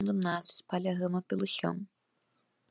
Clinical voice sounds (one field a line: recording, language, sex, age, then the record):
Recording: short text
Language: Brazilian Portuguese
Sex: female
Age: 18 to 19 years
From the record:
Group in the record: control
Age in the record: 18 years